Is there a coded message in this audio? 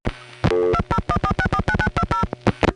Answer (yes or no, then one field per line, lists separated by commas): yes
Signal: DTMF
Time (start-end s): 0.7-2.2 s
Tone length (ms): 60 ms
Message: 2014649920